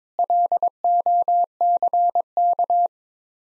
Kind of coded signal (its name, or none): Morse code